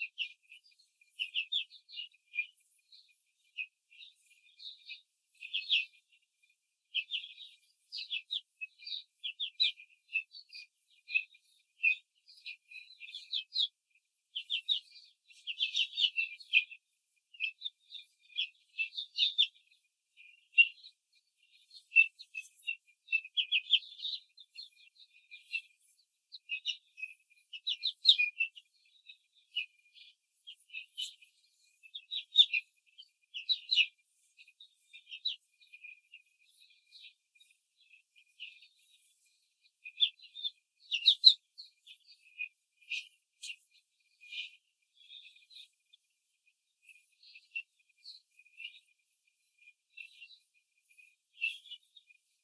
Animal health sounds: young laying hens in a cage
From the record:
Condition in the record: control cage, after the stress test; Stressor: none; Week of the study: 4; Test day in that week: 1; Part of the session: 4

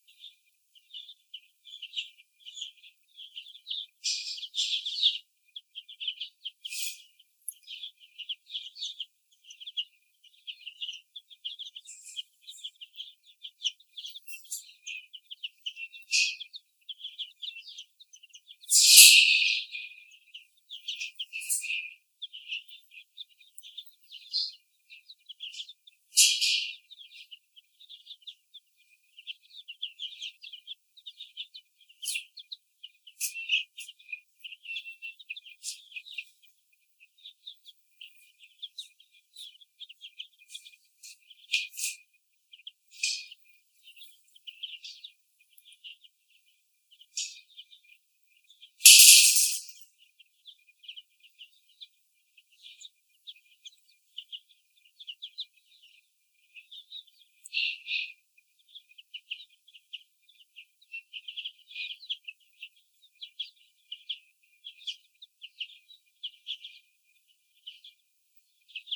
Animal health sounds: young laying hens in a cage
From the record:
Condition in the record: after the stressor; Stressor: sudden umbrella opening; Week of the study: 2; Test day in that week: 1

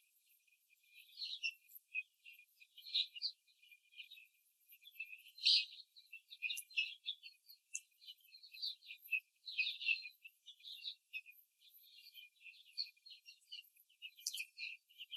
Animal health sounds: young laying hens in a cage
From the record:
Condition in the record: before the stressor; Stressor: simulated dog barking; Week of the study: 3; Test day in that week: 2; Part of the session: 1

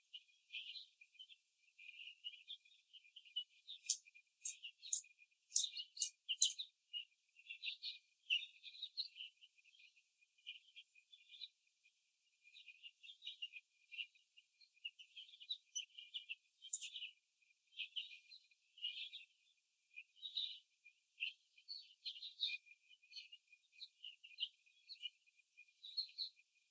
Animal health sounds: young laying hens in a cage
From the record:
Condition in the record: after the stressor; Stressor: simulated dog barking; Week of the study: 3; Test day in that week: 1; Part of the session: 3

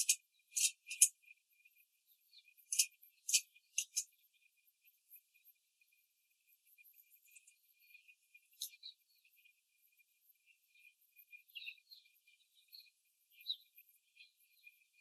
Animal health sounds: young laying hens in a cage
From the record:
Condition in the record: control cage, after the stress test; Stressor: none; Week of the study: 4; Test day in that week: 3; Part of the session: 3

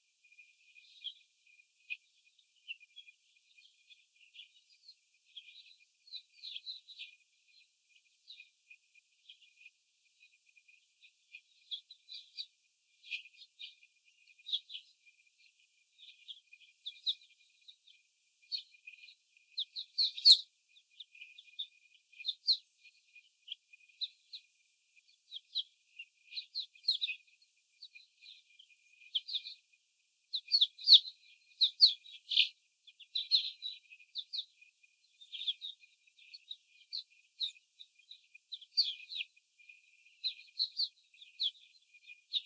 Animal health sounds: young laying hens in a cage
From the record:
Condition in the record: after the stressor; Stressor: simulated dog barking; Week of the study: 4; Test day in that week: 3

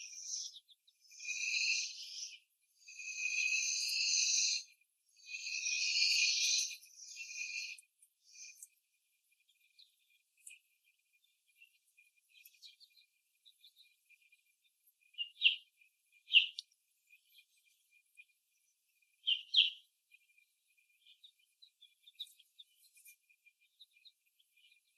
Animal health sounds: young laying hens in a cage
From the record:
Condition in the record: before the stressor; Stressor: simulated dog barking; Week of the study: 1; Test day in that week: 1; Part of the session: 1

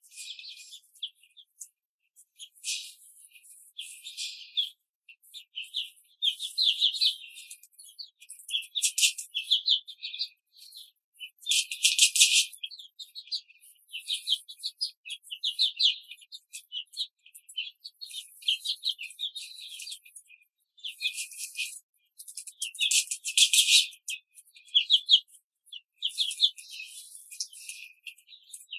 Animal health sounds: young laying hens in a cage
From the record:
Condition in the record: control cage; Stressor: none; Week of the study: 5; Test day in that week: 1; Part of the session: 3

